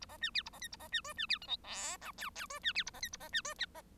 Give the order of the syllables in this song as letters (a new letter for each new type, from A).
A B C D A B E A B C F C D G H I J K K F C D A B E A B C F D B